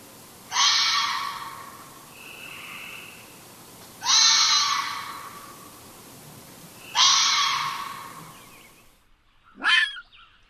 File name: red fox